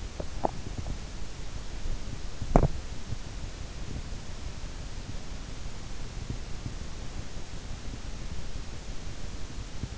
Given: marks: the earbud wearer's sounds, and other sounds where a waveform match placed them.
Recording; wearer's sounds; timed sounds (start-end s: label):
sounds in sleep by an in-ear microphone; teeth grinding
0.00-1.14 s: teeth grinding
2.44-2.88 s: teeth grinding